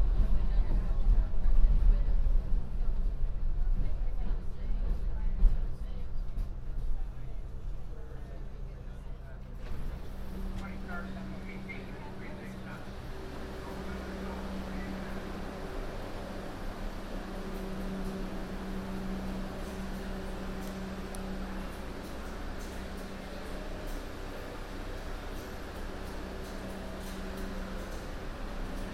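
A subway train ride on the local 1 line, with a steady low rumble and rattle throughout. The first ten seconds are louder and rougher, then the sound settles into a smoother hum with a sustained low whine. Faint voices come and go underneath.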